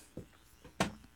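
Two faint intake sounds lead into one sharp, loud, explosive burst near the end, a single sneeze. It is an ordinary adult sneeze on a live radio broadcast, with a quiet studio background.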